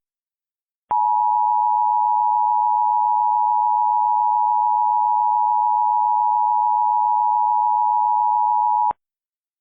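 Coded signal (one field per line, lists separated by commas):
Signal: Emergency Alert System (SAME) tones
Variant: 853 and 960 Hz attention tone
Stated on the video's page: Remake recreating 2005 Hurricane Dennis extreme wind warnings embedded in tornado warnings, using valid EAS tones.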